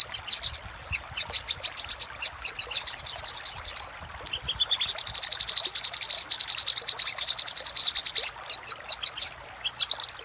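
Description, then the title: Little spiderhunter delivering sharp, high, machine-like note series, a quiet pause near four seconds, then a long even run of rapid chips. Master recording for training cage birds; labelled Labaik. "Masteran Burung Sogok Ontong Labaik"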